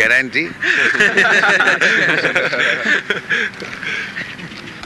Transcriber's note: laughter